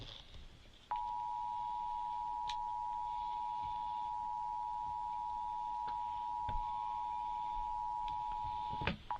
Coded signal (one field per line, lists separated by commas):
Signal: Emergency Alert System (SAME) tones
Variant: 853 and 960 Hz attention tone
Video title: MISSOULA FINALLY DOES IT... EAS Tests from October 2024 (EAS #5,058 - 5,141)